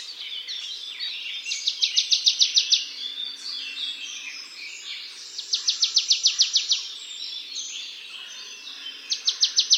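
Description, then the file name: Marsh tit repeats a quick run of bright, clipped notes three times, roughly every four seconds, over a busy background. "Poecile palustris"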